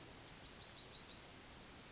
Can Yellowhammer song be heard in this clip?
yes